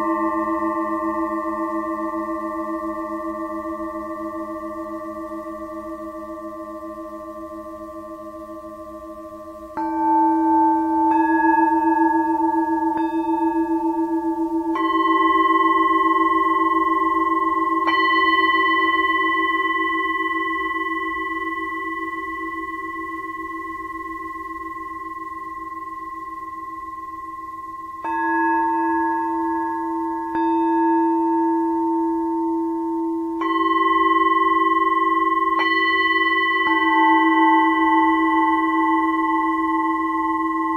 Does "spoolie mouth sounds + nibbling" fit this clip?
no